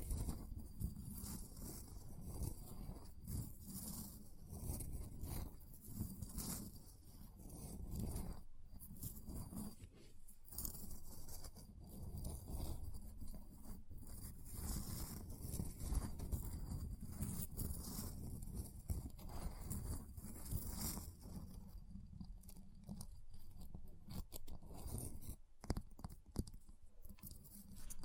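Ice being scratched and carved, a dense, constant run of rough scraping strokes that rarely pause. Sharper bright scratches and crackles flicker through the whole clip over a low rumbling bed, with a few brief gaps near 8, 10 and 26 seconds.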